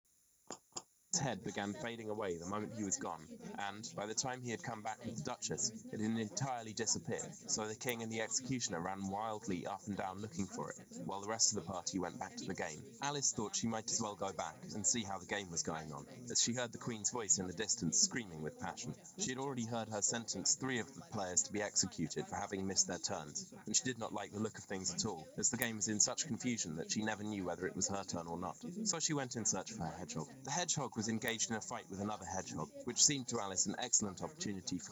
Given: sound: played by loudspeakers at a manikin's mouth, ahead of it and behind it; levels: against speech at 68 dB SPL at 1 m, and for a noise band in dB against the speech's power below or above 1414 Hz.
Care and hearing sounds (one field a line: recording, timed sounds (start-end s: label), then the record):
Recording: test signals for a remote microphone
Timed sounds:
0.50 s: click
0.75 s: click
1.13-34.92 s: man speaking, babble ahead at +6 dB SNR for speech at 1 m
From the record:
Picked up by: remote microphone A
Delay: 47 ms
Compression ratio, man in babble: 10.50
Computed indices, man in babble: HASPI 1.000, HASQI 0.322 (non-linear 0.372, linear 0.866), ESTOI 0.714